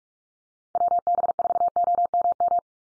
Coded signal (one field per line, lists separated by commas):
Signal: Morse code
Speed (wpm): 44 wpm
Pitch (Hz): 700 Hz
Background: none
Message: WB4OMM